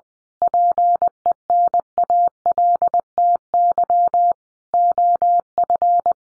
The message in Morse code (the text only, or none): PENALTY OF